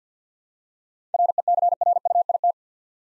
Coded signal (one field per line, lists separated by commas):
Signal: Morse code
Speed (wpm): 50 wpm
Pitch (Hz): 700 Hz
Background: none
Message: RECRUIT